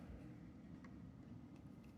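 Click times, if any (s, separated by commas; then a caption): none. A small wire connector is handled at the replacement inverter board (W10629033) of a KitchenAid KSSO48FMX01 built-in refrigerator that is not cooling, over a steady low rumble with a faint tick near 0.9 s. The connector has not seated or clicked in yet.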